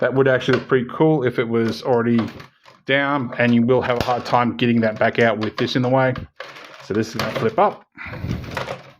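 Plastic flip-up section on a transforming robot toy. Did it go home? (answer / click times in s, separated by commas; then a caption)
no / none. Someone talks while handling a Generations Titan Class Metroplex transforming robot toy, getting ready to flip a plastic section up until it locks. Only speech and faint handling noise are heard. Nothing has clicked into place yet.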